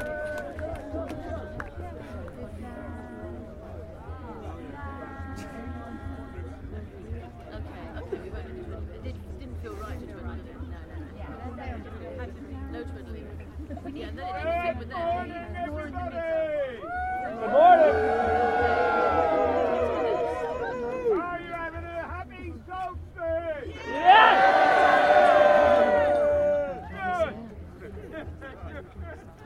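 Crowd chatter at the Stonehenge solstice gathering, with many overlapping voices and a steady low hum underneath. Around 18 and 24 seconds, louder nearby voices rise above the babble for a few seconds each, including what sounds like laughing or shouting, then fall back.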